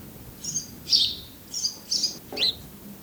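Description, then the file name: House sparrow with five short chirps in three seconds, high and scratchy, the last one dropping sharply in pitch. "Passer domesticus"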